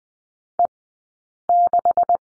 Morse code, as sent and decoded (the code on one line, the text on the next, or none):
. -....
E6